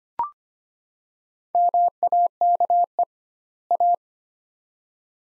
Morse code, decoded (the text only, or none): MAKE A